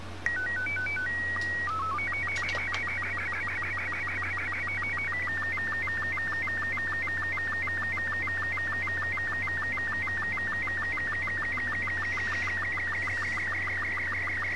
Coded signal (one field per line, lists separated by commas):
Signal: SSTV (slow-scan television)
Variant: Robot 36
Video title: 03 SSTV Part 3 Finding images, preparing them for SSTV